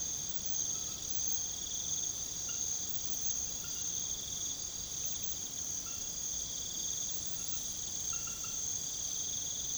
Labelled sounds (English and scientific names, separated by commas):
none